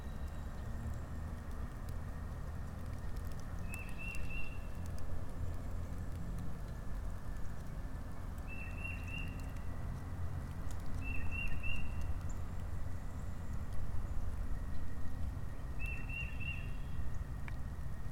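Spring birds call in a hardwood forest over a dense, steady wash of low rumbling noise that fills the whole clip. Short, bright chirping bursts recur about every three to four seconds, with occasional faint ticks and taps scattered throughout.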